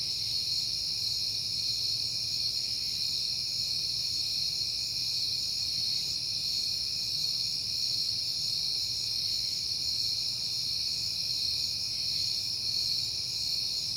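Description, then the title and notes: Cricket: an even, shrill chorus of crickets chirps nonstop in several high bands, with quiet low rumbling beneath. Crickets at night in September, on a peaceful night. "Night Time: Crickets and Passing Cars. It is September and I have been hearing the crickets a lot, but finally had a peaceful night to make the recording"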